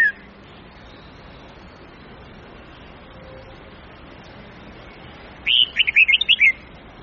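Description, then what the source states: Red-whiskered bulbul: the tail of one phrase at the start, then several seconds of low hiss and a quick phrase of bright, bouncing notes near the end. Huế-type bulbul; long-phrase song with 9 to 12 notes, changing its phrasing continuously.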